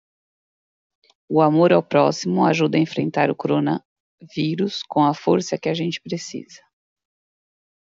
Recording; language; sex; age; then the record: spoken sentence; Brazilian Portuguese; female; 30 to 39 years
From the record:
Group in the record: control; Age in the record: 38 years